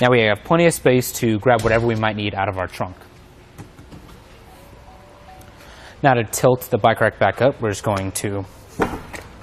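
Someone talks while a Thule Camber 4-bike hitch bike rack on a 2019 Chevrolet Traverse sits tilted down for trunk access, then the rack mast is pushed back up. The metal tilt latch clicks at 8.8 seconds, locking the rack in the upright position, followed by a smaller knock at 9.2 seconds.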